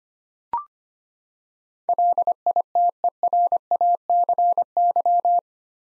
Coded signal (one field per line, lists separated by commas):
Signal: Morse code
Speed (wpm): 25 wpm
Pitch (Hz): 700 Hz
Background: none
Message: LITERACY